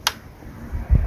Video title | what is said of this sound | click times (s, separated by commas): Olight Haloop | et de serrer jusqu'à entendre le clip | 0.1 s